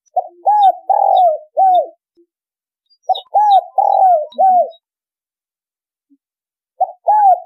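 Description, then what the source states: Spotted dove giving low, rounded coos in groups of four, the third note longer and rougher, phrases recurring after short pauses. Vietnamese cooing style called giọng thổ đồng.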